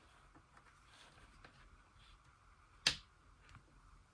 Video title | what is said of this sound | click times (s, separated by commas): ZealSound K66PRO USB Microphone - Unboxing, Test & Full Review | It snaps right in. | 2.9 s